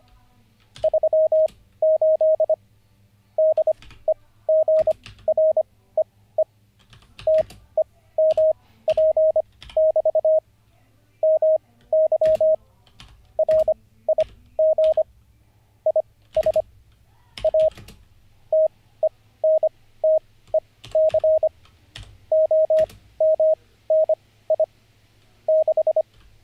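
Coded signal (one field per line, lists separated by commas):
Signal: Morse code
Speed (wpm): 25 wpm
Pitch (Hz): 630 Hz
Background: none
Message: 38 DEGREE TEMP<BT> MY RIG IS A TENTEC OMNI 6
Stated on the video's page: Morse code practice during a livestream, day 48 of learning.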